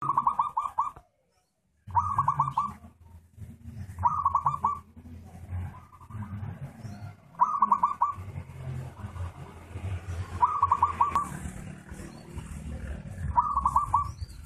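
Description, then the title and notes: Zebra dove song: short rolling, stuttered cooing phrases at a mid pitch, repeated every few seconds over a steady low rumbling hum. Compilation of zebra dove songs, used for training (mastering) caged birds. "Kupulan Burung Perkutut. burung perkutut yang bisa digunakan untuk memaster"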